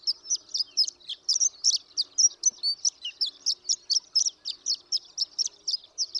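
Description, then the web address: Horned lark song: continuous high-pitched twittering with quick, sharp notes tumbling along at a steady rapid pace throughout. "birdsongforthecurious Horned Lark"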